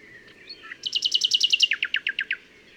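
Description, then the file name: Common nightingale song with two quick runs of evenly repeated notes, the first higher, the second slightly lower, over faint hiss. "Luscinia megarhynchos"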